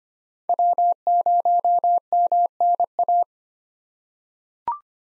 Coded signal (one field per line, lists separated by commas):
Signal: Morse code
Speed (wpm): 25 wpm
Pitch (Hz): 700 Hz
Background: none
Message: W0MNA